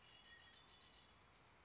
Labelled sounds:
Red-winged Blackbird
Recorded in Sonoma County, California

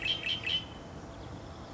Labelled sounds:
Red-winged Blackbird
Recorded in Sonoma County, California

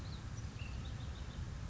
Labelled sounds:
Ash-throated Flycatcher
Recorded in Sonoma County, California

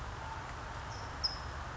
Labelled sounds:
California Towhee
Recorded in Sonoma County, California

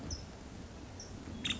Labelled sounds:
Nuttall's Woodpecker
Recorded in Sonoma County, California

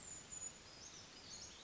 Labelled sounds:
Brown Creeper
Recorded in Sonoma County, California

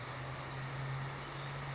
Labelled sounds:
California Towhee
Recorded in Sonoma County, California

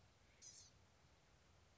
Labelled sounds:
Blue-gray Gnatcatcher
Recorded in Sonoma County, California

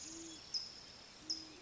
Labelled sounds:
Great Horned Owl
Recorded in Sonoma County, California

